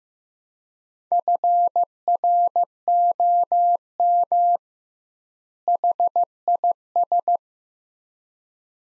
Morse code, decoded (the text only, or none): FROM HIS